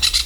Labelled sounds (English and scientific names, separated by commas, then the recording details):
Brown-throated Parakeet (Eupsittula pertinax) contact call
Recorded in Venezuela
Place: Hato Matapalo, Bolívar
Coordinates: 7.356, -61.542